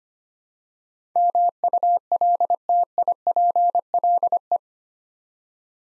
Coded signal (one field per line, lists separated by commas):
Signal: Morse code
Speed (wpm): 25 wpm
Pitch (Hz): 700 Hz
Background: none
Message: MULTIPLE